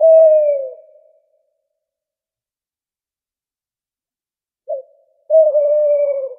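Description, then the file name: Owl hooting: a low hoot sliding slightly downward, then silence for about three and a half seconds, a brief note, and a longer, slightly wavering steady hoot. "real owl hoot"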